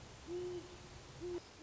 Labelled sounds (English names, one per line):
Great Horned Owl